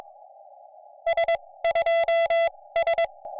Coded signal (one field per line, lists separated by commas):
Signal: Morse code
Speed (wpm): 22 wpm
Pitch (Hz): 2000 Hz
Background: music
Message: S2S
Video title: QMX radio finally fixed! Real life activation on Kagel Mountain | Summits on the Air